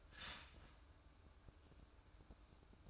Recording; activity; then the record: daily activity, microphone in the room; start toaster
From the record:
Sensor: 2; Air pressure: 1007.1 hPa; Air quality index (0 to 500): 36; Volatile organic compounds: 1 ppm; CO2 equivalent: 531 ppm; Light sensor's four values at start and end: 6/13/5/6 and 6/14/5/6